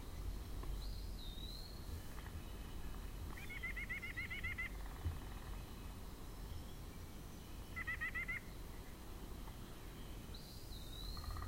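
White-breasted nuthatch giving two bursts of rapid, nasal, evenly spaced notes, the second shorter, with faint higher chirps and constant low rumbling noise throughout.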